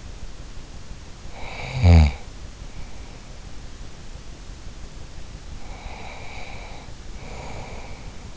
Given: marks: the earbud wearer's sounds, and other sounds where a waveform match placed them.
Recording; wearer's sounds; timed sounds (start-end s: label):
sounds in sleep by an in-ear microphone; snoring breath, breath
1.28-3.33 s: snoring breath
5.52-8.37 s: breath